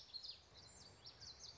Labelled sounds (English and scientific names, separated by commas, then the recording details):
Common Yellowthroat (Geothlypis trichas)
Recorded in Sonoma County, California